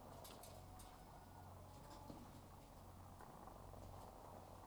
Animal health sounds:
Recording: poultry house recording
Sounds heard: sick chickens (respiratory disease)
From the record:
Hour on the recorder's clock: 12

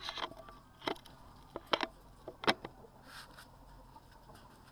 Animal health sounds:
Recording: poultry house recording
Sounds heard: healthy chickens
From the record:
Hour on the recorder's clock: 19

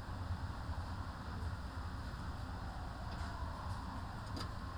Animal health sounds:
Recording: poultry house recording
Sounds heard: healthy chickens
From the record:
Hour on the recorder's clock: 15

